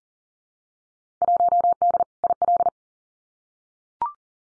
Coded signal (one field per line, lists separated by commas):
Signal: Morse code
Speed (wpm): 38 wpm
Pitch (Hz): 700 Hz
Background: none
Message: 1D IL